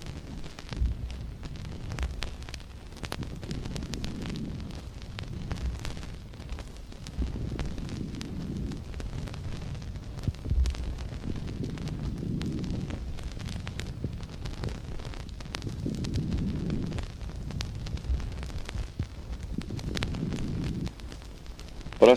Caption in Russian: Нежный шум трения плевры.